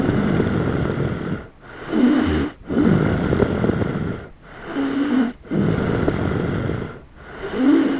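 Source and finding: Adult. Snoring.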